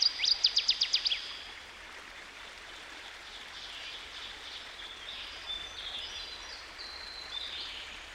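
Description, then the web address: Northern waterthrush sings a quick, loud burst of sharp repeated notes at the start, then the stream's rush continues with scattered thin calls. "Dan Gibson Songbirds By The Stream. Northern Waterthrush"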